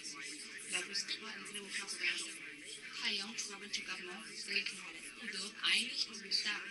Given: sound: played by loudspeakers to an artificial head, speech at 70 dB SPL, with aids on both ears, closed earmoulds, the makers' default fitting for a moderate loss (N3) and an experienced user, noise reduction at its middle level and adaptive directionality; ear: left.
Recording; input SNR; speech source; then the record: speech test signal (ISTS) in cocktail-party noise; 0 dB; on the right (90 degrees)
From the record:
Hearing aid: class 2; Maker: J